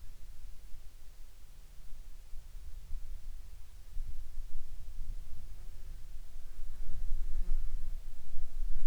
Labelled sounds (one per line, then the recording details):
insects
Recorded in the Arctic National Wildlife Refuge, Alaska, on 8 July 2019 at 09:30
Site 40